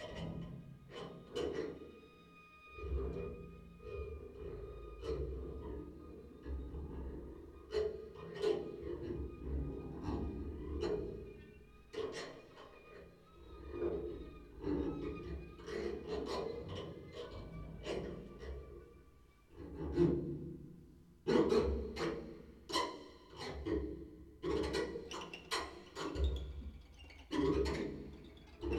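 Low, rough rumbling snoring that swells and fades in slow breath cycles, about twelve a minute, from a sleeping adult.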